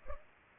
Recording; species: mosquito wingbeat signal from an infrared sensor; Culex pipiens